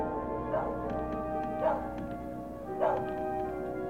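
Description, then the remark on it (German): A dog barks three times at a lonely house in the opening of the Radio Bremen radio crime play Tatzeit 20.20 Uhr by Arnold E. Ott. The single woofs are spaced about a second apart, fairly soft, over a steady low humming background with no one speaking. “Irgendwo bellt ein Hund.”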